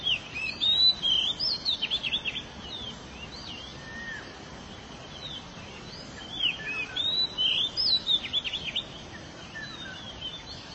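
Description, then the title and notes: Canary singing two energetic bursts of looping whistles and rapid trills, with a soft hissing pause between them. "BM Suara Kenari. BM Suara Burung Kenari"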